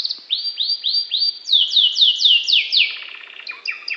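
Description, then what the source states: Norwich canary song: a few arched whistled sweeps, then quicker descending notes and a buzzy rattling trill near the end. Norwich breed canary.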